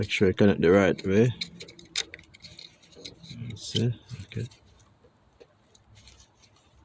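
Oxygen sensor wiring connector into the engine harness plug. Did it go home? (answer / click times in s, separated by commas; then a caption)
no / none. Someone talks while handling the plastic wiring connector of a replacement upstream bank 1 oxygen sensor on a Mazda6, replaced for code P0421, lining it up with the engine harness plug. Light plastic taps and rattles are heard, and the connector has not clicked or seated yet.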